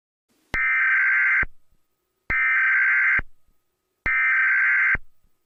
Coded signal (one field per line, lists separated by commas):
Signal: Emergency Alert System (SAME) tones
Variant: header bursts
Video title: EAS Scenario #9 - Radioactive Outbreak (100 Subscribers)